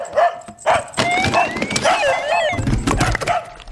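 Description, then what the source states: Dog giving a few short, rough barks amid wavering electronic beeps and warbling tones. Dog barking together with electronic beeping.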